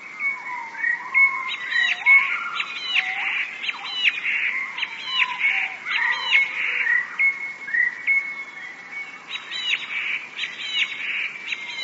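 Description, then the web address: Eurasian blue tit song: short high chattering phrases repeated roughly once a second, over a thin steady high tone that runs throughout. "wroblowe teka modraszkoteka"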